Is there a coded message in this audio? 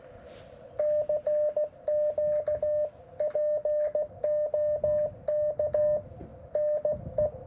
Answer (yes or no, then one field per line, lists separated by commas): yes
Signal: Morse code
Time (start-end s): 0.8-7.3 s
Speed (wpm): 16 wpm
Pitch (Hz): 600 Hz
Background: radio noise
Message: CQ POK NE